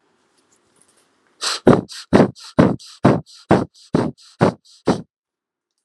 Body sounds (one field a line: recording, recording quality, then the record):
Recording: shallow breathing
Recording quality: excellent, no background noise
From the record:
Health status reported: healthy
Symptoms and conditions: hypertension, diabetes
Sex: male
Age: 46 years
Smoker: not ticked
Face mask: not worn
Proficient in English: yes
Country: India